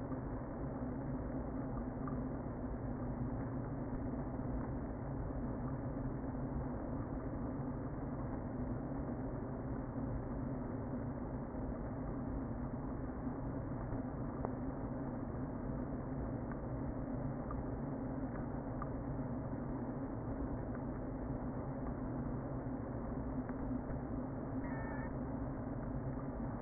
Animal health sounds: honeybee colony, microphone inside the hive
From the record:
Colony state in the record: queen present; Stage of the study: before two queens were removed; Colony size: about 60,000 bees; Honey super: yes

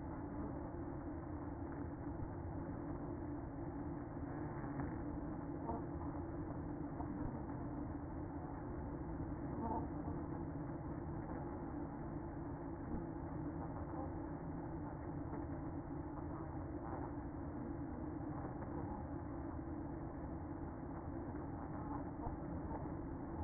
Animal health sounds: honeybee colony, microphone inside the hive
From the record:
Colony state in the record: queen present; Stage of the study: after two queens were removed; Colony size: about 60,000 bees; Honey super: yes

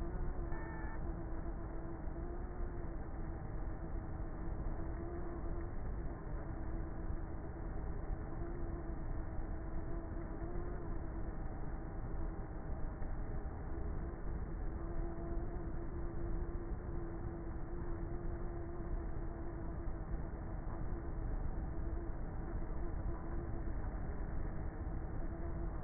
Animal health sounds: honeybee colony, microphone inside the hive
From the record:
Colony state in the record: queenless with a low population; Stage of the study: before two queens were removed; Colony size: about 30,000 bees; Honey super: no

